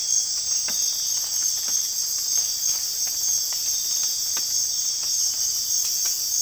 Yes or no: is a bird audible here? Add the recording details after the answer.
no. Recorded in dense forest near Puerto Asís, Putumayo, Colombia, on 26 December 2024 at 04:00. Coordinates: 0.484, -76.325. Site G056